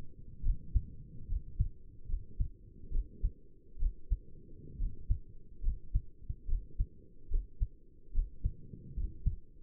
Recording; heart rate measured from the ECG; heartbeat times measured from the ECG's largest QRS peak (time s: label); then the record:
heart sounds by stethoscope; 70 bpm
0.44 s: heartbeat
1.29 s: heartbeat
2.09 s: heartbeat
2.92 s: heartbeat
3.80 s: heartbeat
4.79 s: heartbeat
5.64 s: heartbeat
6.49 s: heartbeat
7.31 s: heartbeat
8.15 s: heartbeat
8.97 s: heartbeat
From the record:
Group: healthy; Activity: rest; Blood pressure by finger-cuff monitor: 110/63 mmHg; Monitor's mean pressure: 78 mmHg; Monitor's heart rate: 70 bpm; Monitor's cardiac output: 7 L/min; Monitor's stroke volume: 96 mL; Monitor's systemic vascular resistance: 800 dyn s/cm5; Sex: male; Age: 22 years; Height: 181 cm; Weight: 79 kg